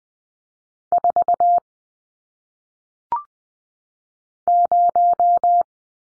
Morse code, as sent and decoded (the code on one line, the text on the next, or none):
....- / -----
4 0